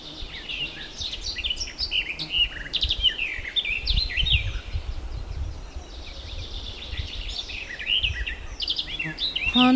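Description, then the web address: Several birds singing together, a dense chorus of varied whistles, trills and chirps, with a steady low rumble running underneath. Several birds singing in an early morning forest. "multi voiced bird singing in the early morning forest"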